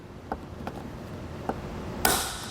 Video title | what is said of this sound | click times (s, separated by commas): Installing the Yakima RidgeLine Roof Rack for Flush Rails on your 2021 Jeep Grand Cherokee | once you hear that click we know we're nice and secure | 2.1 s